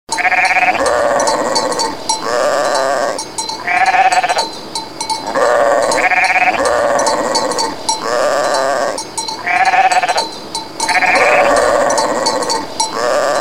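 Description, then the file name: Goat bleating repeatedly, quavering nasal cries of one to two seconds that repeat in a steady cycle, with brief gaps between bursts. "kozi"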